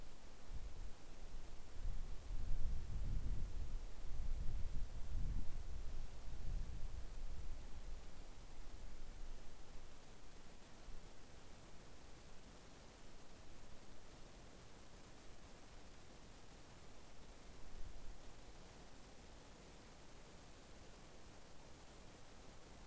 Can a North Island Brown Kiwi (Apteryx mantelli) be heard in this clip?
no